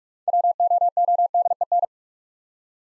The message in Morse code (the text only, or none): WOODEN